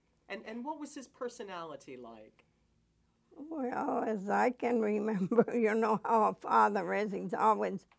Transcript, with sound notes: And, and what was his personality like?
Well, as I can remember, (she laughs) you know how a father. He's always